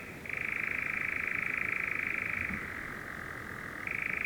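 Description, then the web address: European nightjar giving a long, even churr, a rapid purring trill that starts abruptly, slides down to a lower pitch, then switches back up near the end. Recorded 5 June 2016. "fagelljud 20160605-nattskarra"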